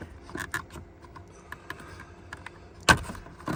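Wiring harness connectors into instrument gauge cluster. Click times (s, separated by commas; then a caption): 0.5 s, 2.9 s. Two wiring harness connectors are pushed into the back of a Ford F-Series truck's instrument gauge cluster, with light plastic rattling and faint taps between them. Each connector clicks into place: a sharp click at 0.5 s and a louder one at 2.9 s. Both connectors are seated and locked.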